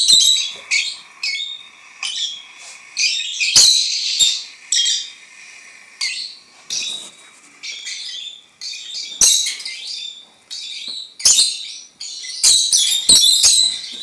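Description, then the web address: Lovebirds giving rapid shrill squeaks and scratchy twitters, irregular and overlapping, with louder piercing notes scattered through. "penie popugajchikov nerazluchnikov. parrots agapornis"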